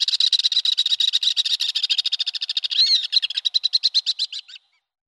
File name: Alpine Swift